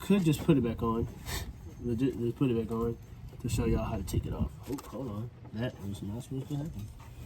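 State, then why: Not seated. During a valve cover gasket job on a 2015 Hyundai Sonata, a plastic clip or connector in the engine valve cover area that came off by accident is being handled to push it back onto its mount. Someone talks throughout. Nothing has seated or clicked yet.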